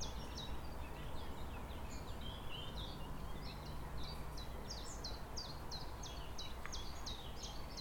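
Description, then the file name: Eurasian blackcap giving a quick run of short, high clicking notes over a steady low rumble. "Sylvia atricapilla"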